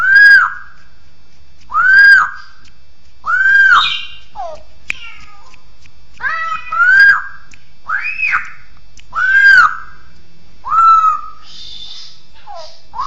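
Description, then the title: Bird song of loud arched whistled notes repeated every second or two, with occasional short descending and higher squeaky notes between. "SuaraBurung Kicau1"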